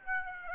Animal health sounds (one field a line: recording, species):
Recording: mosquito wingbeat signal from an infrared sensor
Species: Aedes aegypti